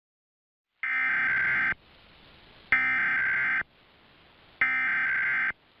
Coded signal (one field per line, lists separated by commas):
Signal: Emergency Alert System (SAME) tones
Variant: header bursts